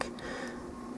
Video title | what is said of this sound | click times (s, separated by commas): Mobile Suit Gundam 0083 Stardust Memory High Grade Gundam GP01 Build Part 1 | And you'll hear that click there. | 0.0 s